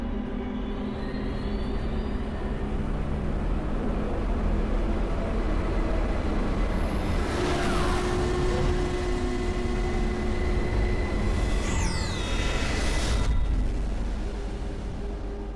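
A train pulls in to a platform with a steady, heavy rumble and droning mechanical hum, broken by two bursts of hissing noise and a high, sliding squeal of brakes toward the end.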